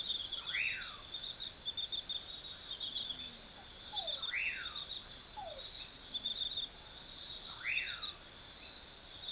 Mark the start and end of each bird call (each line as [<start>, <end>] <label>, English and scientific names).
[0.39, 1.02] Common Pauraque (Nyctidromus albicollis)
[4.17, 4.82] Common Pauraque (Nyctidromus albicollis)
[7.49, 8.20] Common Pauraque (Nyctidromus albicollis)